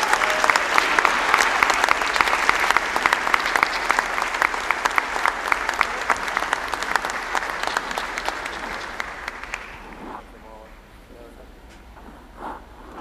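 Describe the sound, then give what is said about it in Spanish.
A large audience, all standing, claps loudly and steadily for about ten seconds in a dense, crackling roar for Maduro at a ceremony in the National Assembly building, then the applause quickly fades to scattered claps and quiet murmuring. “Se ponen todos de pie para aplaudirlo.”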